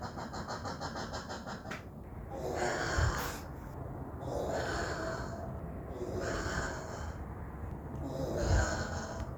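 Common brushtail possum uttering a run of four rasping, breathy snorts spaced roughly every two seconds, with a couple of low thumps.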